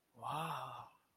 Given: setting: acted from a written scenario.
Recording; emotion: vocal sound without words; awe